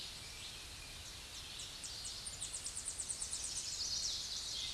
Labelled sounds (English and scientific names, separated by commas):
Tennessee Warbler (Leiothlypis peregrina) song